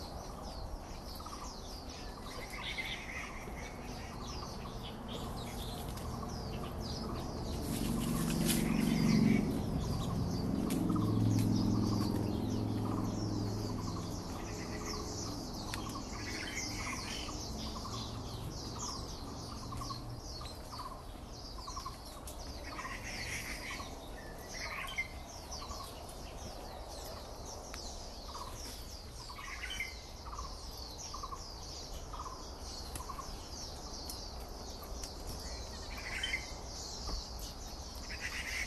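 Birds call throughout a park, with repeated short chirps and bright, chattering notes scattered across the clip and a steady high insect-like hiss above. Around 8 to 12 seconds a low rumble swells, like a passing vehicle, before the quieter woodland ambience returns.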